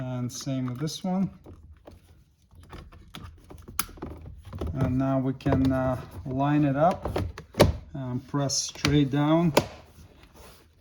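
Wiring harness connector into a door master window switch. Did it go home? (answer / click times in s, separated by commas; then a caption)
yes / 3.8 s. On a 2021-2026 Toyota Sienna, the second electrical wiring harness connector is pushed into the plastic door master window switch while someone talks. A sharp click at 3.8 s marks the connector latching, and it is seated.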